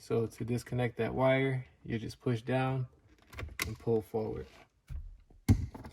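Someone talks while the wiring connector on the old dashboard start button of a widebody Scat Pack Charger is pressed down and pulled forward, in order to replace the button with a red one. A sharp click at 5.5 s, followed by a few faint ticks, marks the connector unclipping and releasing from the button.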